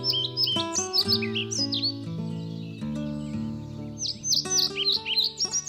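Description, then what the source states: European Pied Flycatcher song, short high downslurred chirps repeated in quick bursts over steady instrumental music tones. Birdsong.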